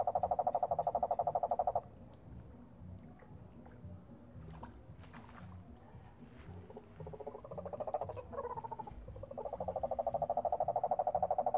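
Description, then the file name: Cane toad trill, a steady fast pulsed purr, heard at the start and again at the end, with a second shorter trill in the middle and low background rumble between. Several cane toads recorded in San Jose, Costa Rica, on 17 July 2017. "Cane Toads San Jose CR"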